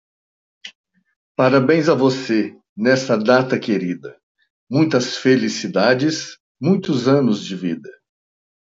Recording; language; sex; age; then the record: short text; Brazilian Portuguese; male; 50 to 59 years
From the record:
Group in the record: control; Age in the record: 59 years